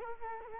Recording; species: mosquito wingbeat signal from an infrared sensor; Culex quinquefasciatus